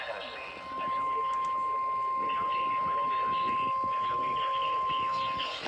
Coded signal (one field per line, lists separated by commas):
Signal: Emergency Alert System (SAME) tones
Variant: 1050 Hz attention tone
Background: speech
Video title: EAS Completion #30 Marginal Risk Insantiy EAS Alerts from July 3 EAS 849-904